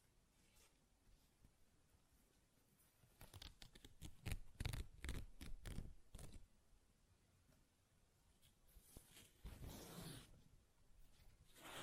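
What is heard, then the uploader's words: Paper is ripped and torn in bursts of quick, crackling strokes, densest between about three and six seconds and again near ten seconds. Each tear is a bright, scratchy rasp with a dull low thump beneath, separated by quiet handling rustles. ASMR Paper Ripping Tearing Sounds (No Talking).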